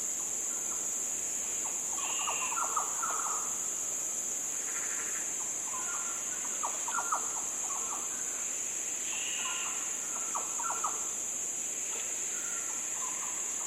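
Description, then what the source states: Yellow oriole calls: clusters of mellow, fluty whistled notes repeated every few seconds, a few higher notes mixed in, under a constant shrill high drone. Several yellow orioles giving fluty sounds.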